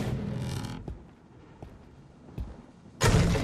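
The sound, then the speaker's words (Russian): A heavy wooden door that was torn off its hinges is lifted and set back into its frame in a hut, with a loud scraping rumble, a few dull knocks, then another heavy grinding thud at the end. “Подняв, ставит сорванную из петель дверь на место.”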